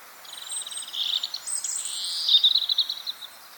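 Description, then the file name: European robin song: one long, high, tinkling phrase of rapid notes, trills and sliding whistles, over faint steady hiss. "Erithacus rubecula"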